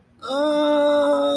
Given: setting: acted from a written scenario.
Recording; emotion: vocal sound without words; pain